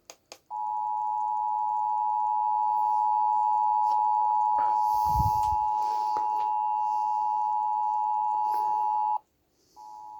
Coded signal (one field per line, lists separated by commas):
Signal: Emergency Alert System (SAME) tones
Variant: 853 and 960 Hz attention tone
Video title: WLS Moment 🤡💅 | EAS Tests From 4/5/2022 (EAS #1,377-1,385)